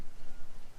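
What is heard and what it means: A second wiper blade's adapter is being handled onto the hook of a Mazda 5 windshield wiper arm, to be pushed on until its plastic clip locks. Only a steady, broadband rustling noise that swells and dips in level is heard, with no sharp transients. Nothing has seated or clicked yet.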